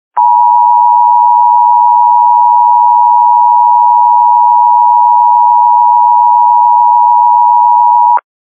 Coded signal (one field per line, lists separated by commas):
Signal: Emergency Alert System (SAME) tones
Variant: 853 and 960 Hz attention tone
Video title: EAS Scenario - Thunder Strikes